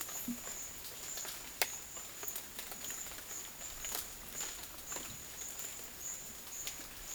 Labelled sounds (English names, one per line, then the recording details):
none
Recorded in dense forest near Puerto Asís, Putumayo, Colombia, on 24 June 2025 at 12:00
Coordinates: 0.484, -76.325
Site H65